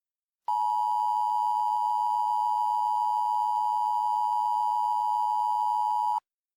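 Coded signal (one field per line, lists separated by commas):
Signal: Emergency Alert System (SAME) tones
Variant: 853 and 960 Hz attention tone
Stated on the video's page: Simulated mock alert with live voice.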